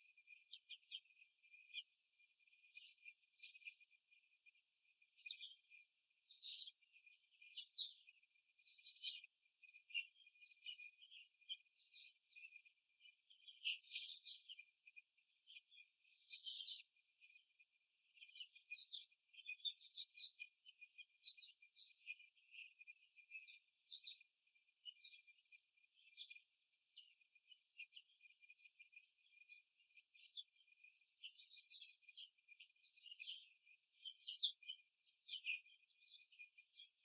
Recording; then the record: young laying hens in a cage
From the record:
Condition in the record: before the stressor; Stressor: simulated dog barking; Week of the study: 3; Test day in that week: 1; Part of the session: 1